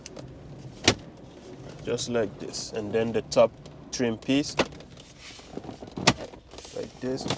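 A plastic dash trim panel around a newly installed EZoneTronics Android 13 head unit in a RAV4 is lined up with its yellow retaining clips and pushed into the dashboard, snapping into place with a sharp, loud click at 0.9 s. Someone talks throughout, and another sharp hit sounds at about 6.1 s.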